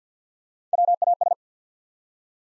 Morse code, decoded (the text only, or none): WAS